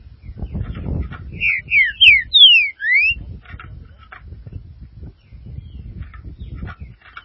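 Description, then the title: Green-winged saltator song: a run of five or six clear, slurred whistled notes in the first half, over low rumbling and faint clicking sounds. "Trinca Ferro"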